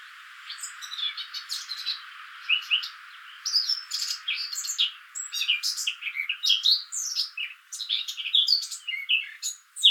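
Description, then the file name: Eurasian blackcap giving fast, jumbled warbling phrases of sharp high notes over a faint steady hiss, the song growing fuller after the first few seconds. "Sylvia atricapilla"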